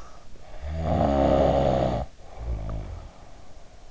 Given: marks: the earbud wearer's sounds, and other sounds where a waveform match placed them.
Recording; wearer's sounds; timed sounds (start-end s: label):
sounds in sleep by an in-ear microphone; snoring breath
0.52-3.91 s: snoring breath